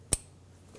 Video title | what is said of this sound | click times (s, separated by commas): How to Replace Vehicle Output Speed Sensor 2013-2020 Nissan Pathfinder | Now connect the electrical connector until it clicks, and there you have it. | 0.1 s